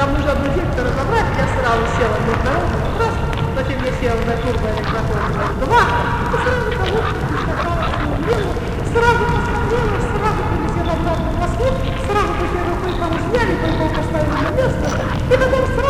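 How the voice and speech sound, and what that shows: Adult female patient in a manic state: pressured speech with distractibility, in the hoarse voice typical of mania.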